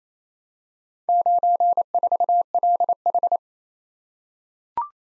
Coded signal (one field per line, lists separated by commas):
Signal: Morse code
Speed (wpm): 27 wpm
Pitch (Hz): 700 Hz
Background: none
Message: 94LH